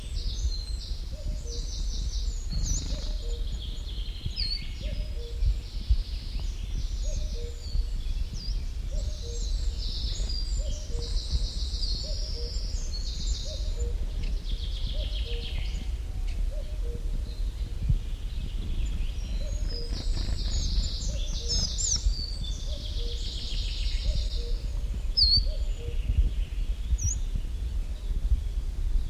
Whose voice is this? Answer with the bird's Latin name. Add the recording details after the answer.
Periparus ater. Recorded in the wild. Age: adult. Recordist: Brunner, Thomas